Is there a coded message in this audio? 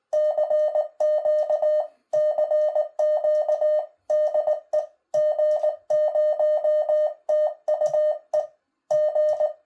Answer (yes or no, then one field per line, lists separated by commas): yes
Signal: Morse code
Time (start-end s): 0.1-9.5 s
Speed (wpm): 19 wpm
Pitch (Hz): 610 Hz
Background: none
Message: CQ CQ DE G0TUE G